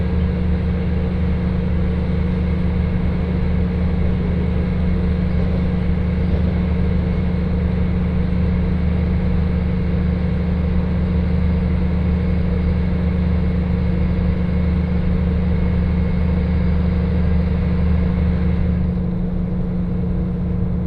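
Train ride on the Hakodate Main Line: a steady, dense low rumble with constant hum, slight change near nineteen seconds as upper sounds drop away.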